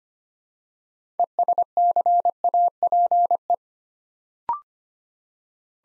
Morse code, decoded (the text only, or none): ESCAPE